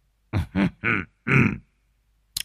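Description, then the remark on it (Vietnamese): A man clears his throat in four quick, rough, grunting bursts, the last one slightly longer, followed by a short pause and a faint click. “Lão Tam biết là dịp sĩ gái đến thì mới hắng giọng.”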